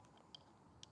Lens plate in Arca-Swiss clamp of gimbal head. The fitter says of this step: so it allows you to do that and then you fully clip it in